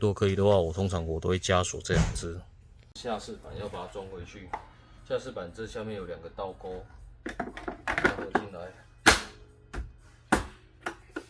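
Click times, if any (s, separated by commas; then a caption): 10.3 s. Someone talks while the lower plastic trim panel of an LG dishwasher is fitted back onto the dishwasher base, with its two bottom hooks engaged. The panel is pushed in until it catches with a sharp snap at 10.3 s, followed by a few smaller knocks. It is locked in place.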